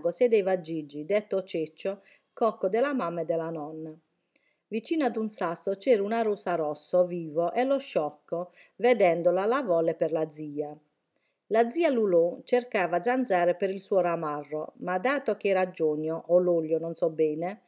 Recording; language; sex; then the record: read passage; Italian; female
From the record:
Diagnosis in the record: healthy control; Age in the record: 61 years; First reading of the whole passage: 59 s, 8.5 characters per second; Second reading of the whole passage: 54 s, 7.6 characters per second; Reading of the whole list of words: 57 s, 4.9 characters per second